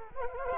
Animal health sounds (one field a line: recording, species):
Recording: mosquito wingbeat signal from an infrared sensor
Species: Culex quinquefasciatus